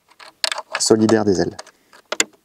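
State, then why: Seated. A small 3D-printed plastic fork that joins the two wings of an RC model glider (146 cm wingspan) is snapped onto the two screws fixed to the wings. Someone talks, then two sharp clicks at about 2.1 and 2.2 seconds mark the fork seating on the screws.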